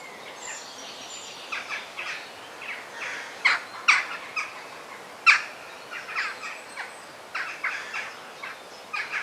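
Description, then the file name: Parrot producing rasping squawks at uneven intervals, with a few louder cracking notes and faint high whistles above a constant hiss. Forest ambience. "Sounds of the Forest - The Parrot Song"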